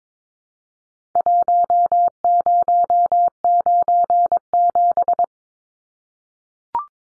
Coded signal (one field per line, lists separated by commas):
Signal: Morse code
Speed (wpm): 22 wpm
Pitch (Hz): 700 Hz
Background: none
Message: 1097